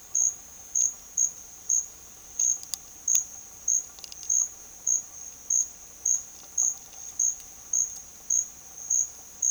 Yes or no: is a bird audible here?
no